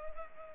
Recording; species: mosquito wingbeat signal from an infrared sensor; Culex pipiens